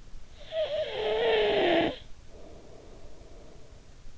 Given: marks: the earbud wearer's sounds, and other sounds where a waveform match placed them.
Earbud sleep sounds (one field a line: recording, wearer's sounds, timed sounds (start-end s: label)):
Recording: sounds in sleep by an in-ear microphone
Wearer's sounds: snoring breath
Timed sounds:
0.14-4.10 s: snoring breath